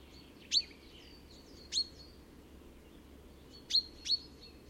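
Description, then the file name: Chaffinch calls: brief, piercing high chips, two single ones then a close pair, separated by pauses of a second or more, with faint background hiss. "Fringilla coelebs"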